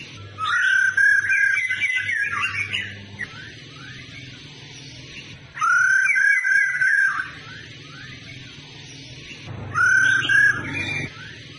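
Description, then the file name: Laughingthrush calling in three bursts, each a tumbling string of clear and slurred whistles, separated by quieter stretches with steady background hum. Female bird; sound used to stimulate male birds to sing. "Tieng khuou mai ro kich trong hot"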